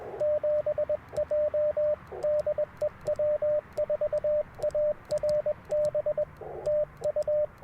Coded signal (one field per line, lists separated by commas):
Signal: Morse code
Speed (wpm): 21 wpm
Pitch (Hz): 600 Hz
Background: radio noise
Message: 7J DE W4ARB TU